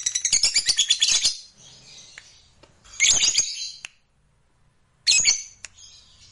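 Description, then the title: Lovebird giving three short bursts of shrill, scratchy chatter separated by pauses. Fighter lovebird singing energetically (gacor). "SUARA Lovebird FIGHTER GACOR"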